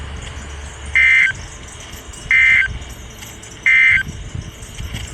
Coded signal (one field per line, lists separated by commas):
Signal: Emergency Alert System (SAME) tones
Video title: Storms for Minutes. (EAS#356-367)